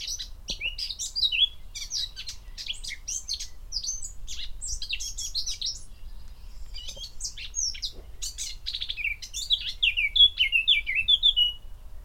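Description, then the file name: Eurasian blackcap song: scratchy, rapid warbled notes for several seconds, a pause, then a phrase ending in rich descending fluty whistles. "Sylvia atricapilla"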